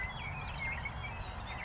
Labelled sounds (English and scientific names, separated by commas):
Savannah Sparrow (Passerculus sandwichensis)